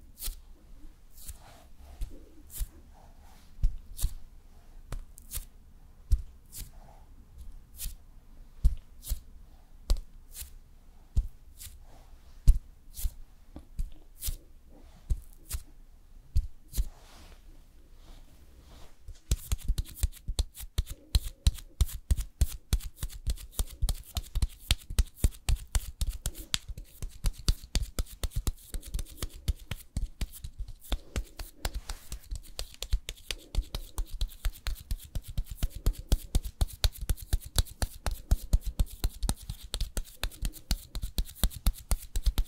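Makeup and hair styling: sparse clicks and taps for the first nineteen seconds, then rapid, dense, steady brushing or combing strokes continue to the end.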